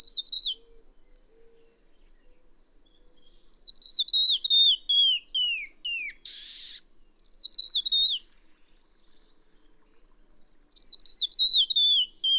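Bird singing several runs of bright whistled notes that step down in pitch, with one brief harsh rasp between two of them.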